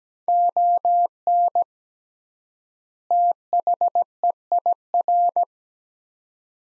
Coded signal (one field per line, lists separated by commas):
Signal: Morse code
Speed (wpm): 17 wpm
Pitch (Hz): 700 Hz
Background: none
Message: ON THEIR